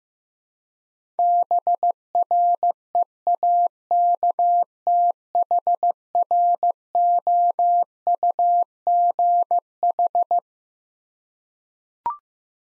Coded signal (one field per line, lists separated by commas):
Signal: Morse code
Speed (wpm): 15 wpm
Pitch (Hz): 700 Hz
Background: none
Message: BREAKTHROUGH